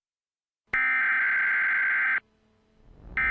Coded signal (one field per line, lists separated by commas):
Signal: Emergency Alert System (SAME) tones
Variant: header bursts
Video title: [OLD] EAS SCENARIO: PETA UPRISING